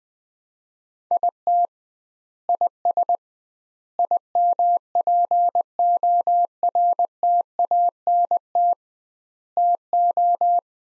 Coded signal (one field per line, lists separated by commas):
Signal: Morse code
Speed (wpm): 20 wpm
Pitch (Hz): 700 Hz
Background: none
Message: IT IS IMPORTANT TO